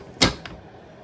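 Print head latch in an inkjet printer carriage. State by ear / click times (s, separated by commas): seated / 0.2 s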